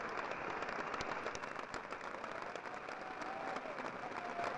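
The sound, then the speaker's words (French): Dense, sustained applause from the live audience at Clémence Desrochers' farewell show, steady and fairly loud throughout with many overlapping claps forming a continuous crackling wash, plus faint crowd murmur beneath. “C'est beau, hein? C'est des applaudissements.”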